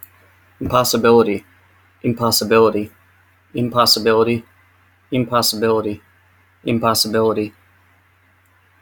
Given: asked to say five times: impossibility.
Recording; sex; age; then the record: repeated word; male; 30 to 39 years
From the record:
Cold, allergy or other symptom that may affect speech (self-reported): no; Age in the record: 37 years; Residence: North Carolina, United States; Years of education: 16